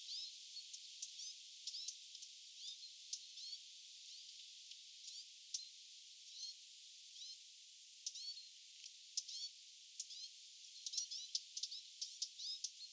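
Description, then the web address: Lesser whitethroat calls, thin high chirps and short squeaky notes given irregularly, sometimes in quick clusters, throughout, against a steady high hiss. Young birds recorded 9 August 2026; their calling said to resemble a Eurasian siskin's. "paivat 9 8 2026 nuorten hernekerttujen aantely muistuttaa tassa ehkapa hieman vihervarpusta"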